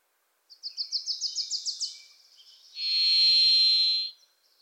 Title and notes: The Varied Thrush, Ixoreus naevius, is a wisp in the forests of the Pacific Northwest. Singing its songs from deep within the trees